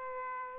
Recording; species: mosquito wingbeat signal from an infrared sensor; Aedes aegypti